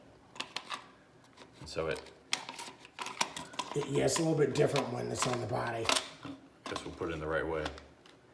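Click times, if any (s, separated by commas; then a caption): none. A Sarsilmaz K2 45 pistol is handled at a paddle holster with retention while someone talks, with short sharp handling taps and knocks around 0.4, 2.3 and 3.2 seconds. The pistol has not yet gone into the holster, and nothing has seated or clicked by the end of the clip.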